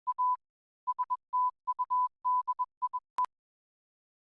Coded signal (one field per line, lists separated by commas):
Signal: Morse code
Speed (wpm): 21 wpm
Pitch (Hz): 1000 Hz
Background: none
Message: A STUDIE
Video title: DATV Experimenter's Night - 6m first contact, NTP SK, SOTA VK7, RaspberryPi, case, AU Day contest +